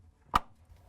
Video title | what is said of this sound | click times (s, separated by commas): How To: LG/Kenmore Defrost Sensor 6615JB2005H | Want to make sure you plug them in so you hear them snap and get a good connection. | 0.4 s